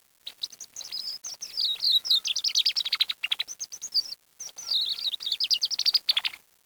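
Bird chirping in rapid, high twittering bursts, a dense run of short sliding notes with brief pauses, one at about four seconds.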